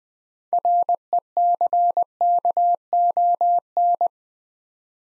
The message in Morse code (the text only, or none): RECKON